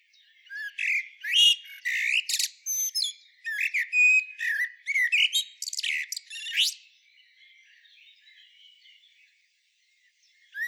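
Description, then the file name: Common blackbird giving a long run of high, varied twittering and whistled notes for about six seconds, then faint soft chirps and near silence. "Turdus merula"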